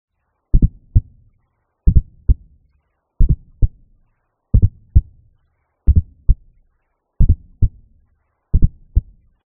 A fourth heart sound, called S4, is heard directly before S1. Fourth heart sound is always abnormal and it's relatively rare to hear. It indicates a stiff or hypertrophic ventricle, and it's caused by turbulent flow from that atria contracting against the non-compliant ventricle.